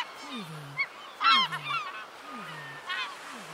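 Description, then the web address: Gulls give overlapping squawks and short yelping notes, while a low sliding tone repeats steadily underneath. Multiple seagulls calling. "windybeachaudio. SEAGUL MULTIPLE"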